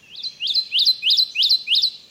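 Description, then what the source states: Kentucky Warbler song: several ringing two-part phrases, each rising, repeated at a quick, steady pace. Song described as a ringing 'redeep, redeep'.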